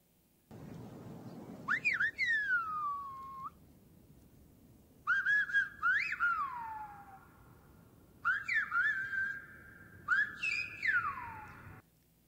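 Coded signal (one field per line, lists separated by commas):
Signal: whistled language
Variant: Silbo Gomero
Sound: four bursts of loud, gliding, speech-like whistling with rising and falling pitch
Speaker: so this is actually a form of spanish spoken on or whistled on the canary islands silva gumero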